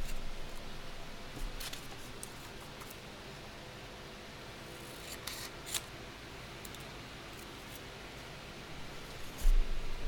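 Quiet candle dressing with soft shuffling and handling noises over a low, steady hiss. Brief bright snips and rustles appear near the start, a cluster of sharper cutting sounds around five to six seconds, and a louder thump right at the end.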